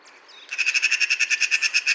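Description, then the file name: Eurasian magpie delivering a fast, harsh, evenly pulsed rattling chatter of about nine notes per second, after a couple of faint high squeaks. "Pica pica"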